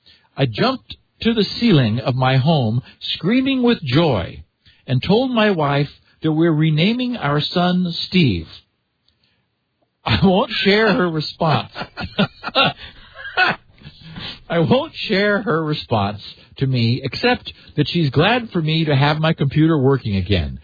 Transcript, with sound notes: "I jumped to the ceiling of my home, screaming with joy, and told my wife that we're renaming our son 'Steve.' I won't share her response. [laughter] I won't share her response to me except that she's glad for me to have my computer working again.